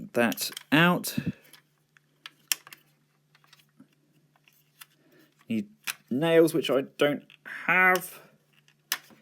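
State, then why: Seated. Someone talks while transforming a GigaPower Gigasoars HQ-03 Guttur Metallic Masterpiece Snarl, a die-cast and plastic robot figure, working its leg and toe section with light handling clicks and taps along the way. At 8.9 s a sharp click sounds as the leg/toe section locks into place.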